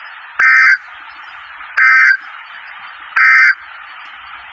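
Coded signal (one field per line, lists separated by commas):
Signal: Emergency Alert System (SAME) tones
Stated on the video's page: Tornado watch alerts received from NOAA Weather Radio station WXJ55.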